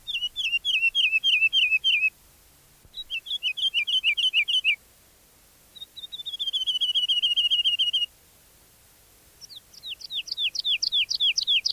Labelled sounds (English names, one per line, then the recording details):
Wood Lark
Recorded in the wild
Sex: male
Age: adult
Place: Erlangen, Bayern, DE
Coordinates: 49.6028, 10.9819
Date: 1963-03-30
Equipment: Nagra, AKG D19/200, Original, Vollspur
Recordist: Tretzel, Erwin
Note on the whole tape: Möhrendorfer Straße: Heidelerche A (Fassung 19): Rufe und Gesang